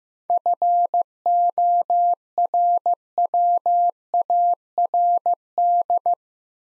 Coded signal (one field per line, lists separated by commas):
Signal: Morse code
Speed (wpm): 16 wpm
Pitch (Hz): 700 Hz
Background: none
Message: FORWARD